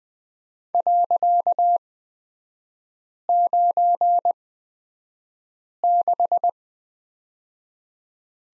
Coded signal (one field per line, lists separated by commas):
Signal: Morse code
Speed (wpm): 20 wpm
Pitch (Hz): 700 Hz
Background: none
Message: .96